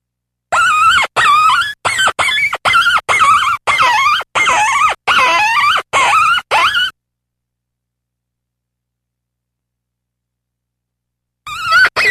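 Fox giving a rapid series of about a dozen sharp, high, harmonic yelps, then a long silence before one more yelp begins.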